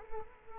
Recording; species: mosquito wingbeat signal from an infrared sensor; Culex quinquefasciatus